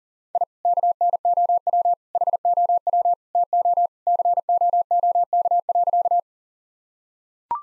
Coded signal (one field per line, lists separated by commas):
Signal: Morse code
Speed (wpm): 37 wpm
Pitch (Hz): 700 Hz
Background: none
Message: I KNOW HOW TO COOK.